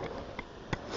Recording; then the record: background sound without coughing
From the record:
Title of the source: wind